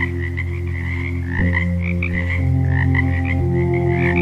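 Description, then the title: Brief run of frog croaks, fast and repetitive, beneath steady synthesizer-like tones that change chord partway. Ambient frog sounds mixed with meditation music tones. "Frogs and Meditation Tones for Easy Relaxing |Quick Relaxation Ep4"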